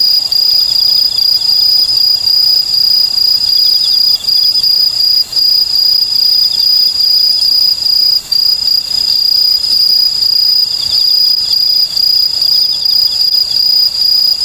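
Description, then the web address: Okame cricket chirping, short high pulses repeated steadily over a continuous ringing insect drone, with no other clear sounds. "sikioto insect okamekourogi"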